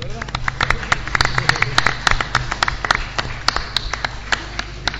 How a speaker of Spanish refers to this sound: Pero alguien me prometió una torta y me dijo que me la iba a traer, así que vamos a pedir que me la suban al escenario. Dale, a ver. Pido un aplauso para la torta.